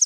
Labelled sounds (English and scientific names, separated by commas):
Prairie Warbler (Setophaga discolor) flight call